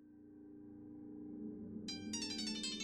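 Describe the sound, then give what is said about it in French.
A phone ringtone plays the opening bars of a classical concerto in G minor, its tonal phrase swelling steadily, then a bright burst of high, shimmering notes enters near the end and continues over the tune. No one speaks. “Le téléphone de Fred joue les premières mesures du concerto en sol mineur,”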